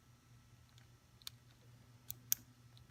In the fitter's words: it's going to have to go in like so and you'll feel it snap in place and that's installed